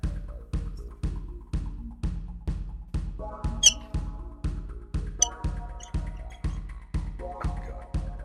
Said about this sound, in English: Maybe I should rename the annoying thing to my grinder, because just look, it's squeaky. Of course, when I want it to squeak, it doesn't. Oh, there we go.